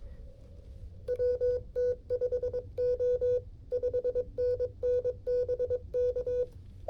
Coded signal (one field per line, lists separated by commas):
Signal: Morse code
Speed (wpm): 22 wpm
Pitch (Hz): 500 Hz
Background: music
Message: WT5O 5NNBK